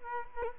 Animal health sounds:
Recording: mosquito wingbeat signal from an infrared sensor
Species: Culex quinquefasciatus

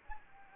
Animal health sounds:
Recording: mosquito wingbeat signal from an infrared sensor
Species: Anopheles gambiae

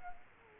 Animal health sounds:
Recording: mosquito wingbeat signal from an infrared sensor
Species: Culex quinquefasciatus

